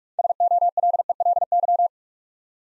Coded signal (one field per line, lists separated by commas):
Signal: Morse code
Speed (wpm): 44 wpm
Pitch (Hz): 700 Hz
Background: none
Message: SOLELY